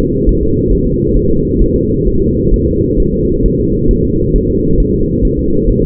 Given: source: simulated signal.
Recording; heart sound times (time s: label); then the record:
fetal heart sounds
0.00 s: S2
0.29 s: S1
0.43 s: S2
0.72 s: S1
0.87 s: S2
1.17 s: S1
1.31 s: S2
1.62 s: S1
1.76 s: S2
2.07 s: S1
2.22 s: S2
2.54 s: S1
2.68 s: S2
3.00 s: S1
3.14 s: S2
3.46 s: S1
3.60 s: S2
3.91 s: S1
4.05 s: S2
4.36 s: S1
4.50 s: S2
4.80 s: S1
4.94 s: S2
5.25 s: S1
5.39 s: S2
5.69 s: S1
5.83 s: S2
From the record:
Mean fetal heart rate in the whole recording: 135 bpm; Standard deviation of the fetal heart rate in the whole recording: 3 bpm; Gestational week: 36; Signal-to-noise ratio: -15.3 dB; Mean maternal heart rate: 72 bpm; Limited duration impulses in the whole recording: present